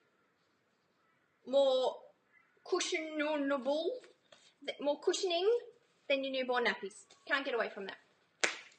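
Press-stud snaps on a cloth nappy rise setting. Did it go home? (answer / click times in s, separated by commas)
released / 8.4 s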